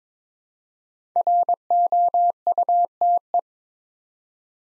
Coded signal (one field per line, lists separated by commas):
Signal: Morse code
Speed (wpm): 22 wpm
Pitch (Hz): 700 Hz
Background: none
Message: ROUTE